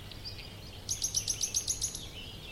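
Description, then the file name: Nightingale phrase of about eight rapid, identical high notes delivered in quick succession over faint background hiss. "Luscinia megarhynchos"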